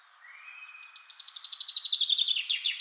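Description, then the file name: Common chaffinch song: a thin note leads into a rapid trill of repeated notes that descends in steps, ending in a flourish, over faint background hiss. "Fringilla coelebs"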